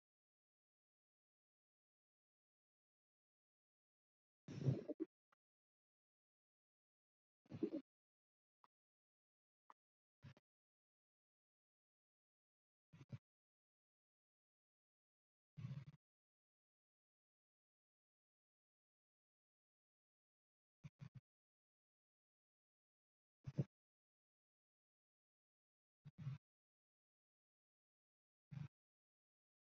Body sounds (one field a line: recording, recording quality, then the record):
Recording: shallow breathing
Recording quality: excellent, no background noise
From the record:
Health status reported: healthy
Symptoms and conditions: none ticked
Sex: female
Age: 54 years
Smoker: not ticked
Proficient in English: yes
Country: India